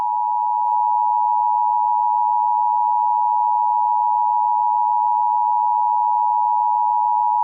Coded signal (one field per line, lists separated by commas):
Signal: Emergency Alert System (SAME) tones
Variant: 853 and 960 Hz attention tone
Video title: EAS scenario 22 (MEGA): Herobrine 5: it all ends here